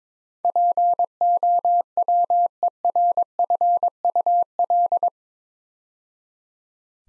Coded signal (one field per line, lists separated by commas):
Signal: Morse code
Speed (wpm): 22 wpm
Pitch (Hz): 700 Hz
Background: none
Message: POWERFUL